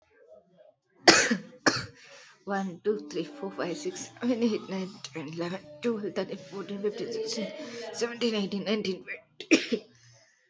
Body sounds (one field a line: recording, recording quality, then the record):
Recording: counting at a fast pace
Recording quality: excellent, no background noise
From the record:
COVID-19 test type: RT-PCR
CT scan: not taken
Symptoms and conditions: cough, cold, breathing difficulty, sore throat, fever, fatigue, muscle pain, loss of smell and taste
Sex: female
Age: 22 years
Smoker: no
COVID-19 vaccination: both doses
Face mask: not worn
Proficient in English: yes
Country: India